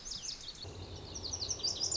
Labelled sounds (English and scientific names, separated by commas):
Lazuli Bunting (Passerina amoena)